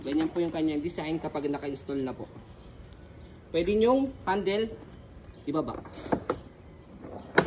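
Someone talks while the carry handle of an infant car seat, mounted on a Joie Muze Lx stroller, is lowered on the car seat shell. Two sharp clicks sound at 6.3 s and 7.4 s as the plastic handle detents lock. The handle is seated in its lowered position.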